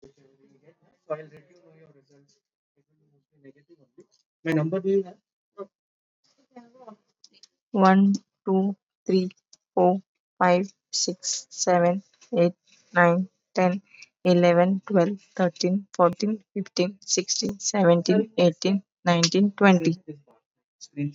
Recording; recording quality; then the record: counting at a normal pace; excellent, no background noise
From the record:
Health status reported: COVID-19 positive, mild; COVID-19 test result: positive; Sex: female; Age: 37 years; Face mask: worn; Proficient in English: yes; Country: India